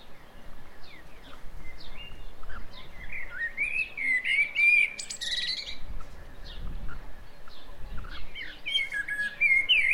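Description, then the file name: Common blackbird with a long mellow, wavering fluty phrase and a high squeaky burst, followed by scattered soft notes and another warble at the end. "Turdus merula"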